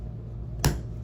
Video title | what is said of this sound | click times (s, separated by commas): EDgun Leshiy 2 Alpha Trigger Installation | You'll hear a click and that sound is the detent ball releasing from the frame. | 0.7 s